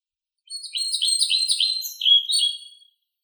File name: Ficedula hypoleuca